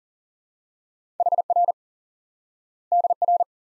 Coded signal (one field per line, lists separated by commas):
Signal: Morse code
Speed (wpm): 40 wpm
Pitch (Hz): 700 Hz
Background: none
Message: HR DR